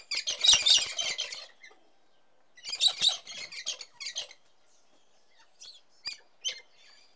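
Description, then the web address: Cockatoo calls: loud grating squawks in rough bursts, then a quieter stretch of short scratchy notes and clicks. "The BBC Sound Effects Library. Cockatoo"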